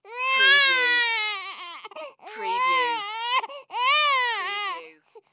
Baby Cry.